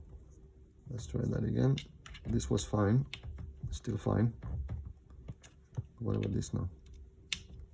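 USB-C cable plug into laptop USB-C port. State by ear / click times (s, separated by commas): seated / 7.3 s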